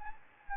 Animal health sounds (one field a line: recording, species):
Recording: mosquito wingbeat signal from an infrared sensor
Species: Anopheles gambiae